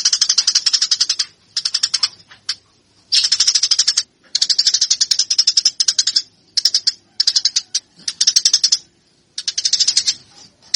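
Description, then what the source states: Eurasian tree sparrow chattering in many short, scratchy rattling bursts of varying length with brief gaps between. Fighting call; master track used for training birds.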